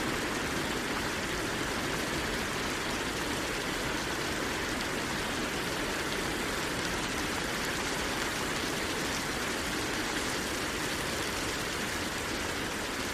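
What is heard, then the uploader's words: Rain falls in a steady, dense wash that holds unchanged for the whole stretch, with no single drops standing out. The hiss is full, spreading from a low rumble up to a bright top, and the level never rises or falls. Rain Meditation: Embrace Serenity with 4 Hours of Rain Sounds.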